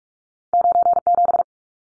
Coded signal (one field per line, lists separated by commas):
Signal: Morse code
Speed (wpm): 44 wpm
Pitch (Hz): 700 Hz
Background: none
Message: 97